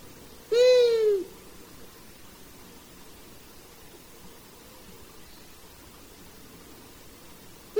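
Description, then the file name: Long-eared owl giving a single drawn-out, nasal, harmonic-rich call lasting under a second, followed by quiet hiss and the start of another call at the end. "Hibou moyen duc"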